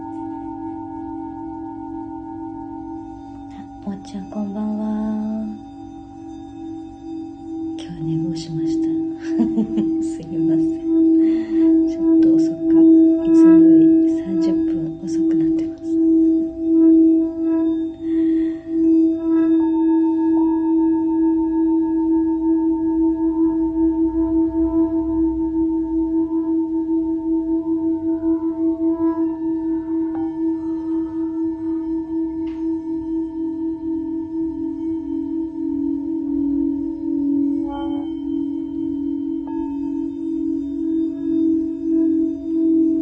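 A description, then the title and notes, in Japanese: A singing bowl rings in a sound healing session, one steady low tone with a fainter higher ring above it, swelling and wavering in slow pulses throughout. Between about four and sixteen seconds, scattered taps and brief murmuring sounds break in over the hum. メキシコから シンギングボウルのサウンドヒーリング ライブ。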